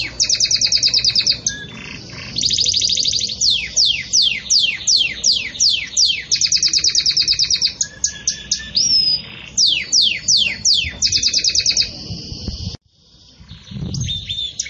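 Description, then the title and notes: Belgian canary song: long rapid trills alternating with series of descending whistled sweeps, a brief pause, then the song resumes. Pure "campainha" (bell) song style with pauses, for training. "Canto Canário Belga Campainha Puro Com Pausa Para Treinamento. CANARIO BELGA"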